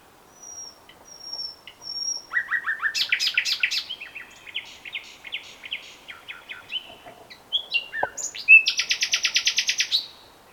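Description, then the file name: Common nightingale song: a soft thin whistle, then bursts of rapid repeated notes, varied chirps and a fast buzzy rattling series near the end. "Luscinia megarhynchos"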